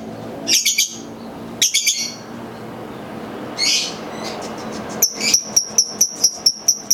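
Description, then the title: Lovebird calls: two bursts of buzzy high chirps, a brief harsh note, then a steady series of sharp high ticks repeated about every quarter second. Masteran bird sounds used for training birds. "MASTERAN BURUNG 2"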